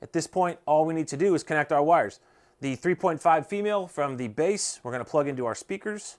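A 3.5 mm audio cable from a helmet intercom base is handled toward a helmet speaker's socket while someone talks throughout. Nothing has seated or clicked yet.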